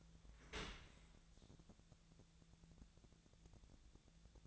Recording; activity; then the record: daily activity, microphone in the room; open dishwasher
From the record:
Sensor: 3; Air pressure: 1000.5 hPa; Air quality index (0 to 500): 174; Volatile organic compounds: 3 ppm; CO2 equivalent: 1509 ppm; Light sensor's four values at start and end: 13/35/14/15 and 13/35/14/15